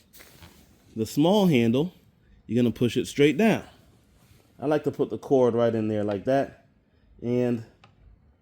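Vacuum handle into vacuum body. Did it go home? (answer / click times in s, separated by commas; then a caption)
no / none. A small vacuum handle is being pushed straight down into the vacuum body with the cord tucked in. Someone talks throughout, and a faint sharp tick is heard at 7.8 s. The handle has not seated or clicked into place yet.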